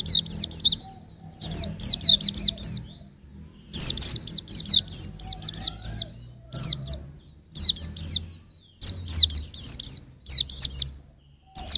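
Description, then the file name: White-eye song: high, bright twittering phrases of quick sweeping notes, bursts repeated steadily with short gaps over twelve seconds. "suara burung pleci usro"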